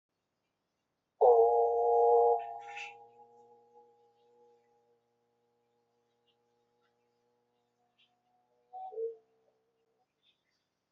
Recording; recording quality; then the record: sustained vowel as in boot; moderate, slight background noise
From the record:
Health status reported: exposed to COVID-19, no respiratory illness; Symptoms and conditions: none ticked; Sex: male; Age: 30 years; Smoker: not ticked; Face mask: not worn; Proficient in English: yes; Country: India